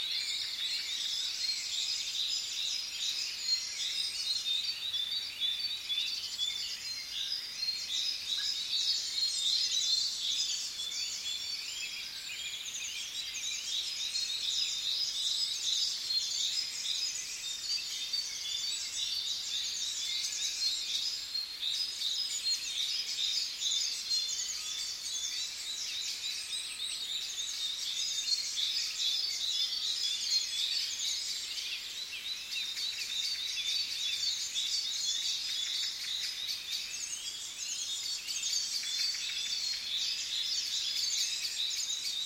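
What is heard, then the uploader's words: A dawn chorus of many birds singing at once, a dense, continuous tangle of bright chirps and trills that never lets up over the full length. The singing has little low sound beneath it and a steady level throughout. Dawn chorus - Tiche Udoli, Czech Republic. 06:00 Location: Prague - Tiche Udoli, Czech Republic.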